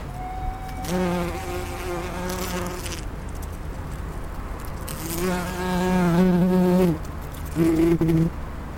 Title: Hummel auf Balkonblumen in der Stadt (Hamburg)